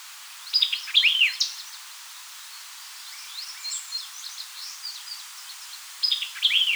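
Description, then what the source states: White-eyed vireo giving two brisk phrases of sharp, falling whistled notes about five seconds apart, with softer scattered chirps between. Recorded 4 January 2007.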